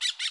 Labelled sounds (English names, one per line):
Brown-throated Parakeet contact call